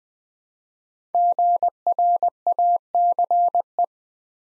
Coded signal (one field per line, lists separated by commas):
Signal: Morse code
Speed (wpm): 20 wpm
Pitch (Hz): 700 Hz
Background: none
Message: GRACE